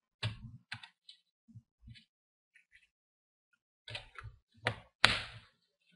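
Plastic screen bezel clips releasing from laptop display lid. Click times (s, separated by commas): 0.7 s, 4.7 s, 5.1 s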